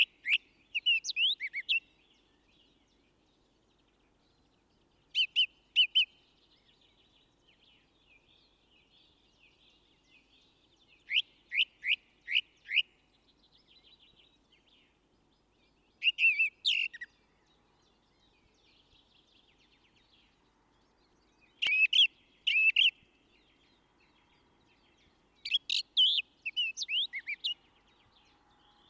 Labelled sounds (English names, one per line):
Song Thrush song